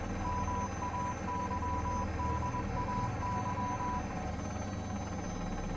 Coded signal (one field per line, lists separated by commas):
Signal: Morse code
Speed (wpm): 21 wpm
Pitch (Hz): 990 Hz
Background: none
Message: MAYDAY